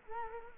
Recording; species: mosquito wingbeat signal from an infrared sensor; Culex quinquefasciatus